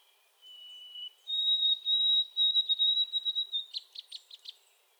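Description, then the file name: White-throated Sparrow singing a soft low whistle, then a long higher whistle, ending in a quick run of stuttering repeated notes. Recorded 30 April 2020; three songs. "2020-04-30 White-throated Sparrow 3 Songs"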